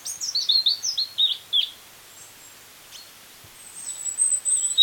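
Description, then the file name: European robin song: a descending series of quick, high twittering notes, a short pause, then thin, drawn-out whistles at very high pitch. "Erithacus rubecula"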